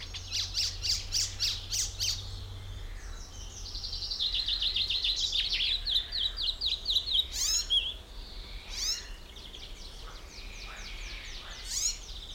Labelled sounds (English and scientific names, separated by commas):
Common Chaffinch (Fringilla coelebs)